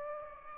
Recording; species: mosquito wingbeat signal from an infrared sensor; Aedes albopictus